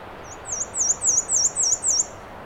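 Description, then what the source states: Black-and-white warbler singing a rapid run of high, thin, squeaky paired notes, like a turning wheel, about seven repeats at an even pace. Recorded 13 June 2017 at 9:54 am on a trail in Acadia National Park; Fostex FR2 recorder with Sennheiser ME 66 microphone; high-pass filtered.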